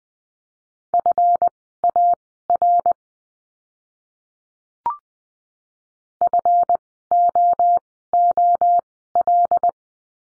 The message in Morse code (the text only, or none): FAR FOOL